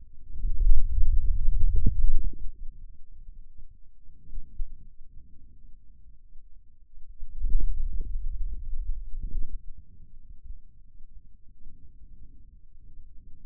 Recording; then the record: forearm muscle sounds (acoustic myography)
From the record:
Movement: hand closing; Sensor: system 2, bracelet of six BSWA MPA416 microphones around the upper forearm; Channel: 3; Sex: male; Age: 22 years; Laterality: right